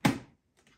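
A Cecotec blender bowl is placed on its motor base and pressed down until it clips in, giving one sharp, solid thunk at 0.1 s with a deep low body that dies away over about a quarter second. Two faint light taps follow at about 0.6 and 0.7 s. The bowl is seated on the base.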